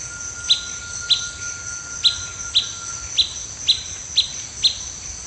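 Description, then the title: Blackish pewee giving crisp, high pip calls, eight in a row, against a constant shrill insect hum and a faint steady tone. Subspecies canescens. "LuckyPassaro Completos2Sama. Blackish Pewee (Contopus nigrescens canescens)"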